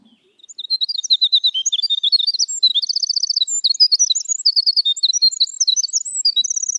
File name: Canto da cotovia dos campos